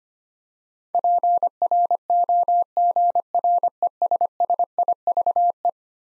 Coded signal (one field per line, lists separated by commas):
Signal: Morse code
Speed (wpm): 25 wpm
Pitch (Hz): 700 Hz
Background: none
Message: PROGRESSIVE